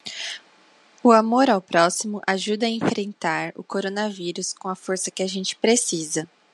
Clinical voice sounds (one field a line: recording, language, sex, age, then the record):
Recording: spoken sentence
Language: Brazilian Portuguese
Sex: female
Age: 20 to 29 years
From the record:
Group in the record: control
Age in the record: 24 years